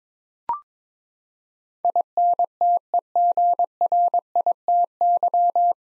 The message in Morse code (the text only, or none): INTEGRITY